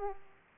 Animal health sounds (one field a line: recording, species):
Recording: mosquito wingbeat signal from an infrared sensor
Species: Aedes aegypti